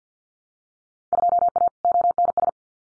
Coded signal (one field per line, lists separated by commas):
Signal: Morse code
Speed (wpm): 50 wpm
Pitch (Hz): 700 Hz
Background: none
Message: 2A ONS